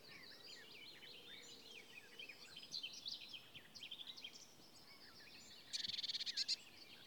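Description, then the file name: Eurasian blue tit giving a short, rapid buzzy churring burst near the end, set against a busy chorus of many high chirping birds. "Cyanistes caeruleus"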